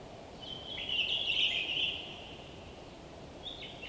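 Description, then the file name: Bird song: a sustained, bright phrase around the middle, then a brief note near the end, over steady background hiss. Winter forest by day, frozen wood, North Laurentian Woods, Canada. "WINTER Forest day blissful bird song resonating through the frozen wood North Laurentian Woods Canada LOOPLR"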